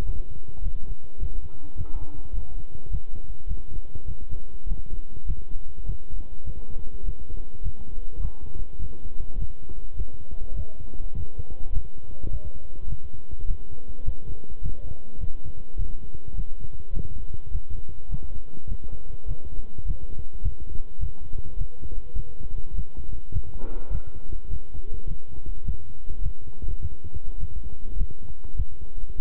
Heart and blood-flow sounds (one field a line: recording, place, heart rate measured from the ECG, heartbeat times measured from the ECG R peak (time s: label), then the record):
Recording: heart sounds by stethoscope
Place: between the tricuspid and mitral areas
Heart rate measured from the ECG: 103 bpm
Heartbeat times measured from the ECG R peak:
0.04 s: heartbeat
0.61 s: heartbeat
1.18 s: heartbeat
1.75 s: heartbeat
2.33 s: heartbeat
2.89 s: heartbeat
3.46 s: heartbeat
4.05 s: heartbeat
4.66 s: heartbeat
5.25 s: heartbeat
5.84 s: heartbeat
6.44 s: heartbeat
7.03 s: heartbeat
7.61 s: heartbeat
8.20 s: heartbeat
8.79 s: heartbeat
9.37 s: heartbeat
9.95 s: heartbeat
10.54 s: heartbeat
11.13 s: heartbeat
11.71 s: heartbeat
12.29 s: heartbeat
12.87 s: heartbeat
13.45 s: heartbeat
14.03 s: heartbeat
14.61 s: heartbeat
15.18 s: heartbeat
15.76 s: heartbeat
16.34 s: heartbeat
16.92 s: heartbeat
17.50 s: heartbeat
18.08 s: heartbeat
18.67 s: heartbeat
19.26 s: heartbeat
19.84 s: heartbeat
20.41 s: heartbeat
20.99 s: heartbeat
21.56 s: heartbeat
22.14 s: heartbeat
22.73 s: heartbeat
23.31 s: heartbeat
23.90 s: heartbeat
24.48 s: heartbeat
25.06 s: heartbeat
25.63 s: heartbeat
26.21 s: heartbeat
26.80 s: heartbeat
27.38 s: heartbeat
27.96 s: heartbeat
28.55 s: heartbeat
29.16 s: heartbeat
From the record:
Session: walking at 3.7 km/h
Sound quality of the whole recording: good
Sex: male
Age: 26 years